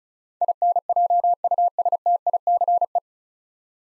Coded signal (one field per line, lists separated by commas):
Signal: Morse code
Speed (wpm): 36 wpm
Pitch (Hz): 700 Hz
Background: none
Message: INJUSTICE